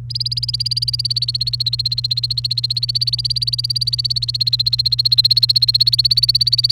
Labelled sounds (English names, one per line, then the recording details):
Domestic Canary song
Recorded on 29 April 2018 at 14:24
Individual llb3